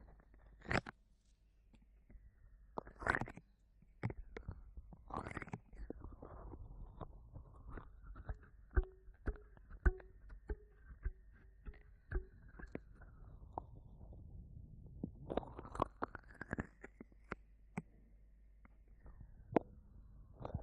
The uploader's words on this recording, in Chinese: 耳朵按摩特輯，無人聲。